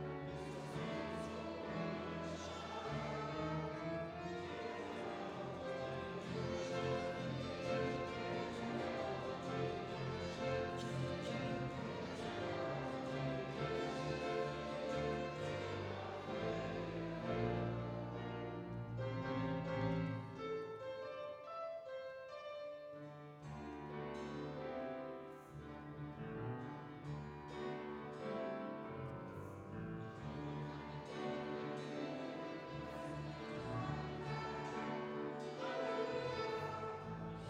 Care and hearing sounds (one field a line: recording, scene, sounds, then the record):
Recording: everyday scene through a hearing-aid microphone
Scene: reverberant space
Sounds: music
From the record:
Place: church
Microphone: in the ear canal, right